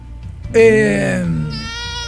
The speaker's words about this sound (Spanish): ¿Es un gato? ¿Qué es eso? Un bebé.